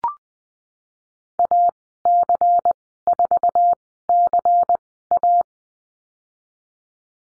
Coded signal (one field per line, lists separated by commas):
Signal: Morse code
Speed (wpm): 20 wpm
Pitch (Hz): 700 Hz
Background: none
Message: AC4CA